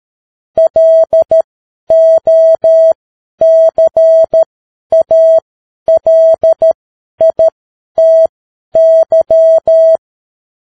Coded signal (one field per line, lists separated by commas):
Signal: Morse code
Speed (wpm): 13 wpm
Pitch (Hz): 650 Hz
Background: none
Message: LOCALITY